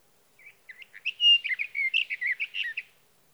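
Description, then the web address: Sage thrasher singing a quick jumble of slurred, musical notes that starts softly, grows louder and rambles on for a few seconds. "birdsongforthecurious Sage Thrasher"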